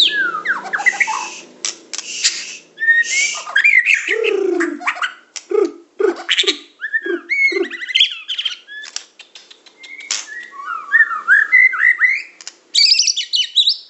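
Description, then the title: Oriental magpie-robin: songbird delivering a jumbled series of whistles, low slurred notes and scratchy chatter, with a faint steady hum underneath in the first few seconds. "Kicau Kacer"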